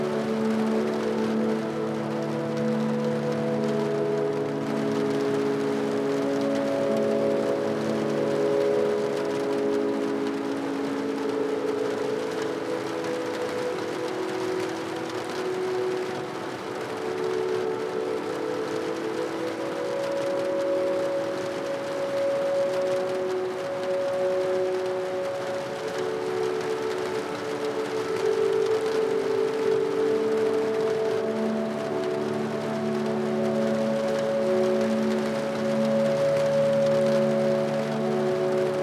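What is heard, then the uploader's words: Slow, sustained low tones and soft chords hold steady at an even level, with a faint hiss of rain running underneath throughout. Relax to one hour of rain and music for sleep.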